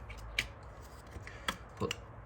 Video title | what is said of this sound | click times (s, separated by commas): MERCEDES C220 FUEL FILTER REPLACE CHANGE MERC FUEL FILTER HOW TO CHANGE REPLACE MERCEDES FUEL FILTER | plug back in you'll hear a little click that's in with Place | 0.4 s